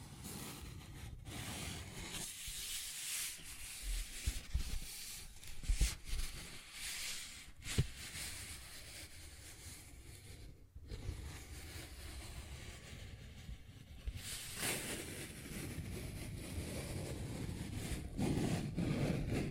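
A paper bag is scratched and rubbed in a dense, continuous crackling rustle that swells and thins throughout. Sharper taps and crinkles stand out every few seconds, around 1, 6, 8, 11 and 14 seconds, over a low rumbling undertone.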